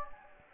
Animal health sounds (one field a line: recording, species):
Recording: mosquito wingbeat signal from an infrared sensor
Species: Anopheles gambiae